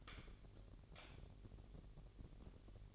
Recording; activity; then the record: daily activity, microphone in the room; light off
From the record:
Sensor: 4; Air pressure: 1012.7 hPa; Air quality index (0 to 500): 244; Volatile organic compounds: 4 ppm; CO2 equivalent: 1663 ppm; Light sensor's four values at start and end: 17/45/18/19 and 15/34/14/14